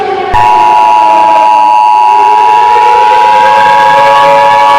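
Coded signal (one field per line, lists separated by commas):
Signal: Emergency Alert System (SAME) tones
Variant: 853 and 960 Hz attention tone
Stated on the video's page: Fake EAS scenario, not a real alert.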